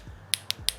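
A compact click-type bicycle torque wrench on a fastener reaches its set torque three times, its small head breaking over with a sharp, loud metallic click each time. The clicks land at 0.3, 0.5 and 0.7 seconds over quiet low background noise, confirming the wrench breaks at its setting.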